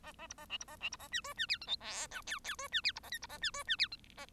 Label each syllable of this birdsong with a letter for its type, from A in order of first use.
A A B A C B A C B A D E D F G H I J K K E D F B A L B A D E D F G A